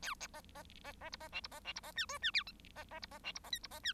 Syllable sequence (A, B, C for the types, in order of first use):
A B B B B C B D C B D C B E F E G H B B C B D C B I C B E